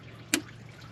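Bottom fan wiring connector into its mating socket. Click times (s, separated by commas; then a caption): 0.3 s. On a 2003–2007 Honda Accord 2.4L 4-cylinder getting a new Denso radiator/condenser fan assembly, the bottom fan wiring connector is found by feel and pushed into its mating socket. It snaps into place with one sharp click at 0.3 s over a low, steady background. The connector is seated.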